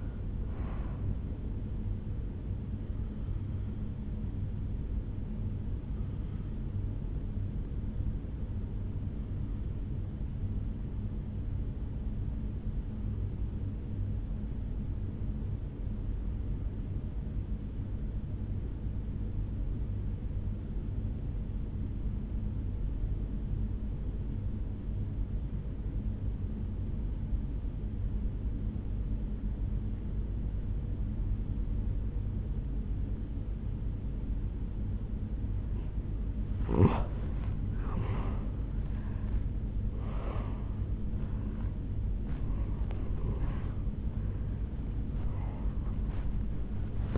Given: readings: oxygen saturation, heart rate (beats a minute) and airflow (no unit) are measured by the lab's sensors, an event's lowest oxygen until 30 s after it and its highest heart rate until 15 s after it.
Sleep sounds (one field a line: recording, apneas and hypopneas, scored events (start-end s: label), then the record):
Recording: breathing in sleep by a smartphone at the bedside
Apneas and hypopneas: 1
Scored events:
9.00-36.30 s: obstructive apnea (N1, oxygen 97% highest, then 86% lowest, heart rate 59 at the start, 77 highest)
From the record:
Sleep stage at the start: N1 (lightest sleep)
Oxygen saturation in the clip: 88 to 97%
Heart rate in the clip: 57 to 77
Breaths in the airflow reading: 6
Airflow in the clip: -9.3 to 8.4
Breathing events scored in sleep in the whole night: 449 in 7.0 hours asleep